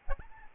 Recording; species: mosquito wingbeat signal from an infrared sensor; Aedes albopictus